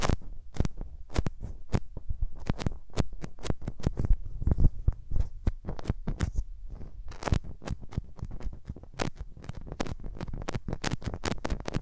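Hands rub over a microphone's ears close up, with no talking. The sound is a dense, irregular run of sharp scratchy crackles and taps, several per second throughout, over a soft, steady low rumble that swells and fades with the rubbing.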